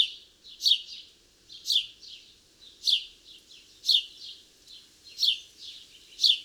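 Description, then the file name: House sparrow chirping, a bright chirp roughly once a second in a steady run, each note followed by softer twittering, with no other clear sounds. "Passer domesticus"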